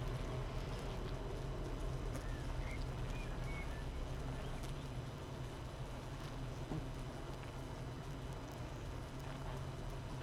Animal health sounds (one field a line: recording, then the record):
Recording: honeybee colony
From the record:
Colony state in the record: missing queen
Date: 31 May 2018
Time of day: 7:35